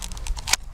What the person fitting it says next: oh it pops into place that's super easy right